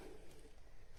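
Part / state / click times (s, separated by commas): nozzle attachment into cordless stick vacuum / not seated / none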